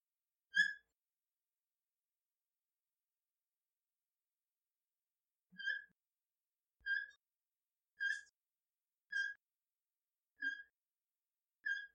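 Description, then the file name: Rough-skinned bug-eyed frog call: one whistled note, a long pause, then six quick whistled chirps roughly one per second, steady in pitch. "Theloderma asperum"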